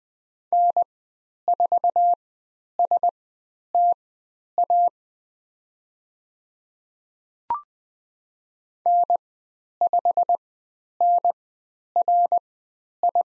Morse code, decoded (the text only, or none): N4STA N5NRI